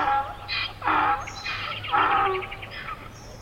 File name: Donkey